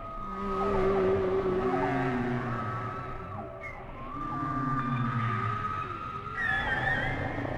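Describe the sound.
Whale song of layered moans and gliding tones, some rising and some falling, with a high upsweep near the end over constant low noise.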